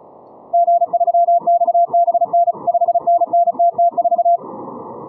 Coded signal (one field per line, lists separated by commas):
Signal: Morse code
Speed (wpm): 36 wpm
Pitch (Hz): 690 Hz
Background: music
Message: G3XBN 5NNTT4